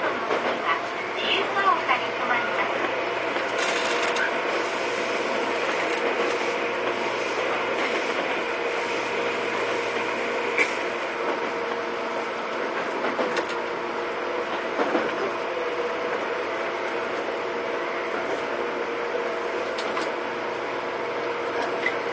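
Inside a Tobu 9000 series train, the motor whine runs loud and steady, with sustained tones holding through the whole ride. A constant rumble and rattle of the carriage sits underneath, with occasional sharper clanks and bumps around the fourth, tenth and fifteenth seconds.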